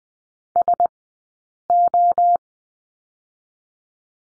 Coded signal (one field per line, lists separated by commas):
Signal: Morse code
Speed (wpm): 19 wpm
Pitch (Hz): 700 Hz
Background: none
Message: S O